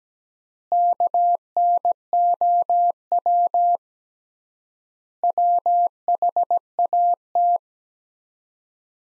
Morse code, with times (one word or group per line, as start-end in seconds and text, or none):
0.7-3.8 KNOW
5.2-7.6 WHAT